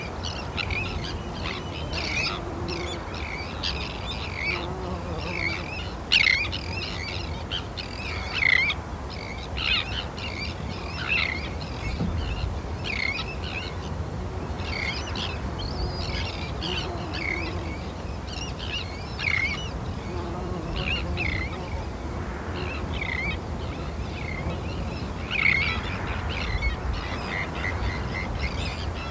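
Terns cry continuously from a colony, harsh calls overlapping densely, with a few louder calls standing out above a steady low rumble.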